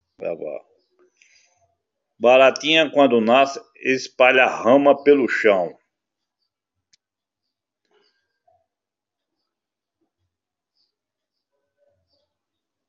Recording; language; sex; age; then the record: short text; Brazilian Portuguese; male; 70 to 79 years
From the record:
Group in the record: control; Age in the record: 73 years